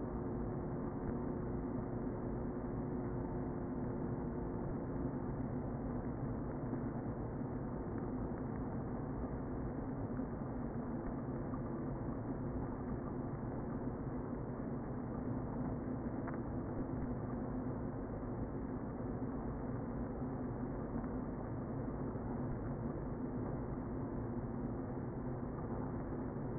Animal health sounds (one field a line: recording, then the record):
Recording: honeybee colony, microphone inside the hive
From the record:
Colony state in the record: queen present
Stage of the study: before two queens were removed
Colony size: about 60,000 bees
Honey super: yes